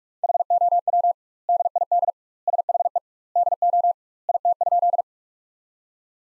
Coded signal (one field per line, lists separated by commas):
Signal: Morse code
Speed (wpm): 46 wpm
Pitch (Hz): 700 Hz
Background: none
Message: HOW DID SHE DO IT?